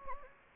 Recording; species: mosquito wingbeat signal from an infrared sensor; Anopheles gambiae